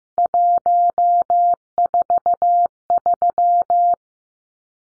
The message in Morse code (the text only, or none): 143